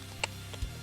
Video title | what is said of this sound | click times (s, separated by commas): How to Install Seat Covers in a Chevy Silverado 1500 (2019-2025) - Step-by-Step Guide | here it click into place initially | 0.2 s